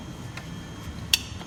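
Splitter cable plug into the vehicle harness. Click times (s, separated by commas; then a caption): 1.1 s. A splitter cable plug, part of an EVBASE laser-engraved ambient light install on a Tesla Model X, is pushed into the vehicle harness with some effort. A faint tick at 0.4 s comes before a sharp, bright click at 1.1 s over a low, steady hum. The connector clicks in and is seated.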